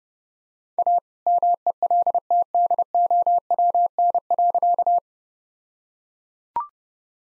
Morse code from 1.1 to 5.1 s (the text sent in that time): MELTDOWN.